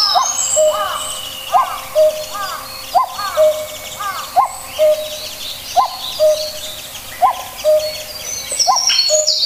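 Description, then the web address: Common cuckoo giving steady paired cuck-oo notes, each dropping in pitch, repeated about every one and a half seconds amid chirps of other small birds. "sikioto. kakkou"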